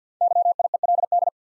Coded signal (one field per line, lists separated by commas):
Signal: Morse code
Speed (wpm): 47 wpm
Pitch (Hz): 700 Hz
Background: none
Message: YIELD